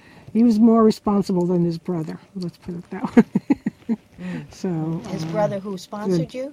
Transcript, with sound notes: He was more responsible than his brother, let's put it that way (laughs)
His brother who sponsored you?